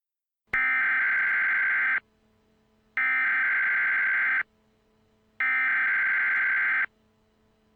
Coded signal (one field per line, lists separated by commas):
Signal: Emergency Alert System (SAME) tones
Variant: header bursts